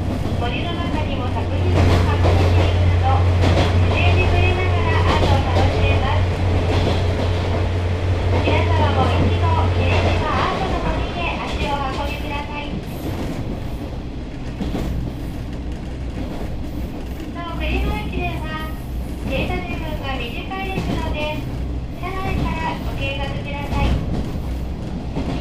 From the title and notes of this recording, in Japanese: キハ47 はやとの風2号 肥薩線 大隅横川-栗野。Since the Hisatsu Line is non-electrified, diesel trains run.JR九州の観光路線である肥薩線を走る特急「はやとの風 2号」の大隅横川～栗野間の乗車音です。ZOOM H2。